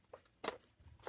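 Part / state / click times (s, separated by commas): turn signal switch into steering column housing / not seated / none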